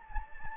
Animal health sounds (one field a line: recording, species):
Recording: mosquito wingbeat signal from an infrared sensor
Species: Anopheles gambiae